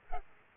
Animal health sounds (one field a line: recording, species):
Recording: mosquito wingbeat signal from an infrared sensor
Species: Culex pipiens